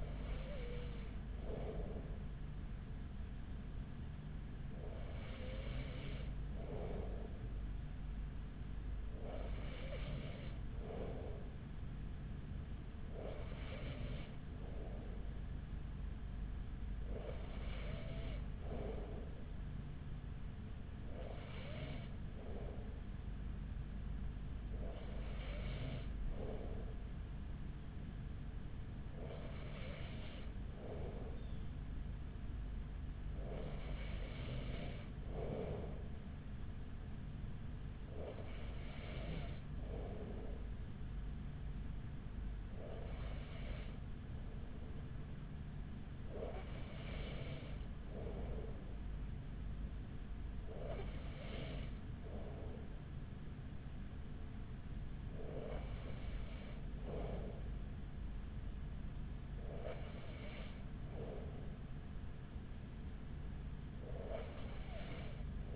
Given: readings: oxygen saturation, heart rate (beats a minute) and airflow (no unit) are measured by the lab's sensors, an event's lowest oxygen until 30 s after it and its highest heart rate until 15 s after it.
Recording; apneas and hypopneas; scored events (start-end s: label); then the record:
breathing in sleep by a smartphone at the bedside; none
none scored
From the record:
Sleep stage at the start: N2 (light sleep); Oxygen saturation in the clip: 94%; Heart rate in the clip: 39 to 44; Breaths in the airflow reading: 15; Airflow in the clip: -5.2 to 4.9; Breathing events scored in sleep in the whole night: 207 in 7.6 hours asleep